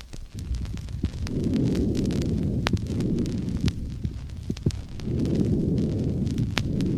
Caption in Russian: Бронхиальное дыхание может быть различной интенсивности и тембра. Бронхиальное дыхание, выслушиваемое над инфильтративно измененным легким.